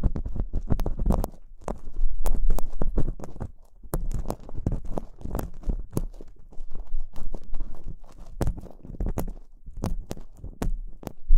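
Ear cleaning, a dense run of scraping, scratching and sharp little clicks. Taps come in quick irregular clusters for the whole stretch, with soft muffled rubbing and a low dull thump underneath, briefly quieter just before the four-second mark.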